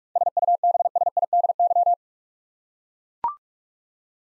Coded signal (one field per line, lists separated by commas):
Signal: Morse code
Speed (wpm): 44 wpm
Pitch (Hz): 700 Hz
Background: none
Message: SUBSIDY